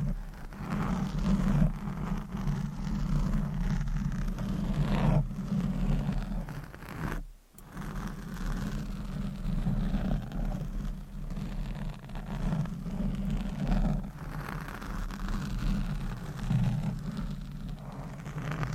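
Deep, muffled scratching, brushing and stroking against a microphone, with a dense low rumble running steadily throughout and softer rasping texture above it. The rubbing swells and eases irregularly, and there is a brief near-silent break around seven seconds.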